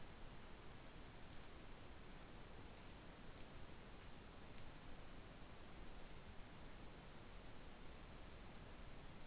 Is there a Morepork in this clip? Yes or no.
no